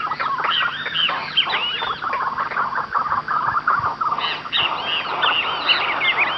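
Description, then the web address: Bird calls, many overlapping looping whistled and chirping notes between low and high pitch, a dense chorus with a short lull near four seconds, then renewed calling. "BIRD 2015 SABIOD bird 2015"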